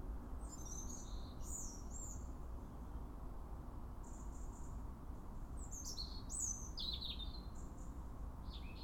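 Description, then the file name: European robin singing thin, high, varied phrases that slide and trill, separated by short pauses, over a steady low rumble of background noise. "Erithacus rubecula"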